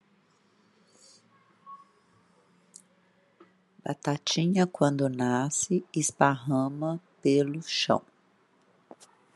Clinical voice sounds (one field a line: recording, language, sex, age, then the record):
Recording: short text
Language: Brazilian Portuguese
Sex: female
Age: 50 to 59 years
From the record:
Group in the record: control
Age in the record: 51 years